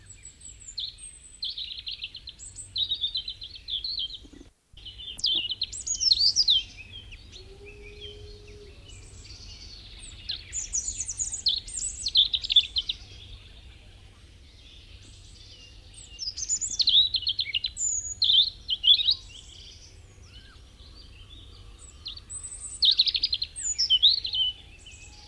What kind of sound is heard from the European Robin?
song